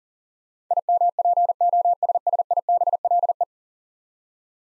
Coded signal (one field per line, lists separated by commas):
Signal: Morse code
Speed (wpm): 40 wpm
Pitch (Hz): 700 Hz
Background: none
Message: IMPOSSIBLE